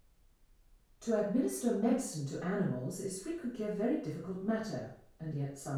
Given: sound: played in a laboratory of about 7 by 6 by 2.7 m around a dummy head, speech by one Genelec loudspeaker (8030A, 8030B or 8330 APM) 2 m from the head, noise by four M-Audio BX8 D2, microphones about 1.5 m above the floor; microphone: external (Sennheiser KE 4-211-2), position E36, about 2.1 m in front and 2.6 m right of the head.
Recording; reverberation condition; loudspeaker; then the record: female speech in English; medium; in front (0 degrees)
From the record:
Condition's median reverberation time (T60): about 510 ms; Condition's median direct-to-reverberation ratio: about -0.5 dB